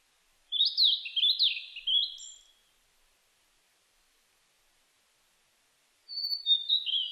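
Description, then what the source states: Blue-and-white flycatcher singing a quick phrase of clear downslurred and wavering whistles, followed by silence and the start of another high whistled phrase. Recorded on 23 May 2004.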